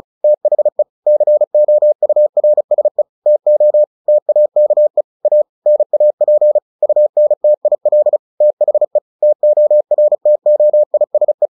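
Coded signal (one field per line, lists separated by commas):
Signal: Morse code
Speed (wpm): 36 wpm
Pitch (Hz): 600 Hz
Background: none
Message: THE COURSE TO TAKE A NAP UNTIL THE TORTOISE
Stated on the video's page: Morse headcopy practice of a short story at 35 WPM.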